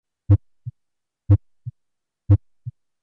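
Three regular heartbeats at about 60 a minute in an adult heard through a stethoscope. Each has a sharp, loud first sound followed by a much softer second sound, marking a loud, accentuated first heart sound (S1).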